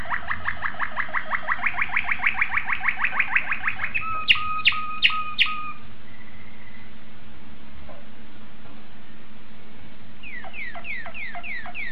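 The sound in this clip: Domestic canary song opening with a long fast trill, then sharp loud clicking notes, a pause, and a closing run of quick sweeping notes.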